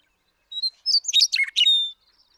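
Western meadowlark singing a short phrase, with a couple of introductory whistles leading into a rich, rapid jumble of warbled notes and a final drawn-out whistle.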